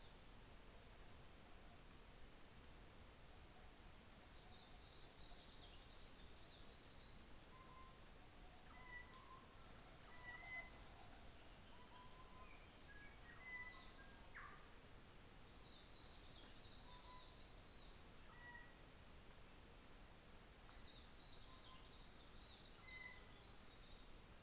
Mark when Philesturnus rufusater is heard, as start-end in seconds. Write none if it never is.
none